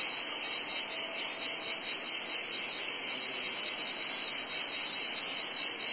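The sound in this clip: Cicadas droning in a steady, high-pitched buzzing chorus that swells and dips slightly in a rhythmic pulse, with no other clear sounds.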